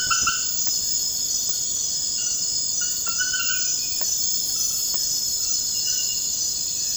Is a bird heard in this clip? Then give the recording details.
no. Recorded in dense forest near Puerto Asís, Putumayo, Colombia, on 19 February 2024 at 02:30. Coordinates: 0.472, -76.329. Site G6394